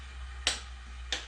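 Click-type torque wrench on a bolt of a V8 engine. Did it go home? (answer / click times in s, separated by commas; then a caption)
yes / 0.5 s. A click-type torque wrench is pulled again on the same bolt of a 1979 Camaro's 350 V8 engine (4 speed build) to confirm the torque setting. It gives a sharp click at 0.5 s, and a second similar sharp snap follows at 1.1 s over a low steady hum. The wrench clicks again at the setting, confirming the torque.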